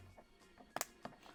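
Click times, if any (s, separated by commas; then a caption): 0.8 s. A Nillkin Super Frosted Shield frosted plastic case is worked off a Samsung Galaxy Z Fold 7 folding phone, and it fits tightly. A sharp snap at 0.8 s is followed by a second crack just after it and a fainter tick near 1.1 s, all against low background music. The case pops free of the phone body and is released.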